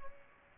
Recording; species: mosquito wingbeat signal from an infrared sensor; Aedes aegypti